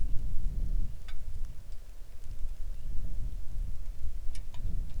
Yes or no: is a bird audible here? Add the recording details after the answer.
no. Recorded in the Arctic National Wildlife Refuge, Alaska, on 3 August 2019 at 10:01. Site 41